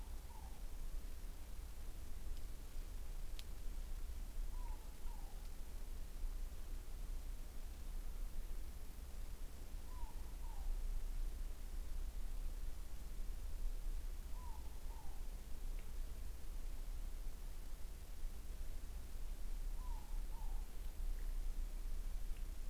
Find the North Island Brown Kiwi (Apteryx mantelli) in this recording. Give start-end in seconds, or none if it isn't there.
none